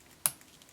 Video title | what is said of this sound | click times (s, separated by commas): Beast Morphers 6 Inch Action Figures Wave 1 Review [Power Rangers Beast Morphers] | oh you hear a little click and it's there | 0.3 s